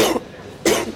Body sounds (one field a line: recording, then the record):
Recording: coughing mixed with background sound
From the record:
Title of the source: 61 morning phlegmy cough...again